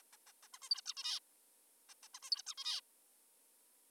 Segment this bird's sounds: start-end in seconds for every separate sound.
0.13-0.17, 0.27-0.32, 0.43-0.48, 0.54-0.58, 0.62-0.69, 0.70-0.81, 0.86-0.94, 0.97-1.20, 1.90-1.94, 2.03-2.08, 2.15-2.19, 2.23-2.30, 2.32-2.42, 2.47-2.54, 2.58-2.81